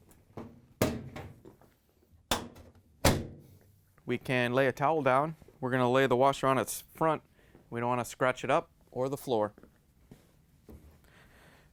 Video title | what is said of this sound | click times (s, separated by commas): How To: Samsung Clutch Assembly DC97-16984A | once you have the top lined up on the locating pins you can push it back down so it locks into place | 0.8 s, 2.3 s